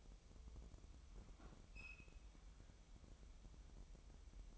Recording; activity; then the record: daily activity, microphone in the room; open fridge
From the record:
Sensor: 1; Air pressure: 988.4 hPa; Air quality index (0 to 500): 198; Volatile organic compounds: 1000 ppm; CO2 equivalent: 5290 ppm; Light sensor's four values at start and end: 26/97/36/38 and 26/97/36/38